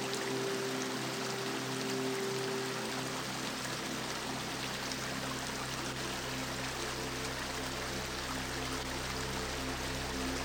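A river current rushes in a dense, steady wash from start to finish, with no breaks or surges. Soft sustained musical tones sit low beneath the water, including a clear held note that fades out around three seconds in.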